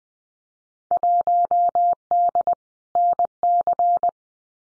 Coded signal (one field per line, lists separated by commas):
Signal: Morse code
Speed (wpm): 20 wpm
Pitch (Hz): 700 Hz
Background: none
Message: 1D NC